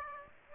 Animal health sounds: mosquito wingbeat signal from an infrared sensor; Aedes aegypti

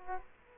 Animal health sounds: mosquito wingbeat signal from an infrared sensor; Culex quinquefasciatus

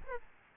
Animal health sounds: mosquito wingbeat signal from an infrared sensor; Aedes albopictus

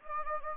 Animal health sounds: mosquito wingbeat signal from an infrared sensor; Anopheles gambiae

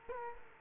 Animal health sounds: mosquito wingbeat signal from an infrared sensor; Culex quinquefasciatus

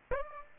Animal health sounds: mosquito wingbeat signal from an infrared sensor; Aedes aegypti

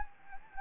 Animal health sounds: mosquito wingbeat signal from an infrared sensor; Anopheles gambiae

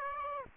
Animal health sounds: mosquito wingbeat signal from an infrared sensor; Aedes aegypti

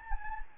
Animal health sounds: mosquito wingbeat signal from an infrared sensor; Anopheles gambiae

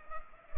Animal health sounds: mosquito wingbeat signal from an infrared sensor; Culex pipiens

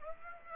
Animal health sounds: mosquito wingbeat signal from an infrared sensor; Aedes aegypti

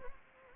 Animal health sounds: mosquito wingbeat signal from an infrared sensor; Anopheles gambiae

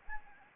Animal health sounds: mosquito wingbeat signal from an infrared sensor; Anopheles gambiae

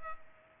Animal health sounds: mosquito wingbeat signal from an infrared sensor; Culex pipiens

